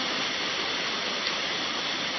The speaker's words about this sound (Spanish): Espero que se siga escuchando ahí atrás. Aquí estoy hablando con una voz más fuerte, amado. Escucha, porque está lloviendo muy fuerte.